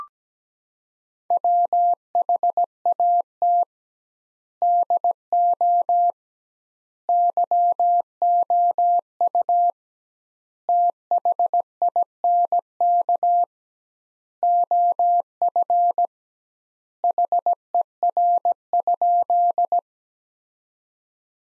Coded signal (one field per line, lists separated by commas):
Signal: Morse code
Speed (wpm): 17 wpm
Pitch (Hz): 700 Hz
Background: none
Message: WHAT DO YOU THINK OF HER?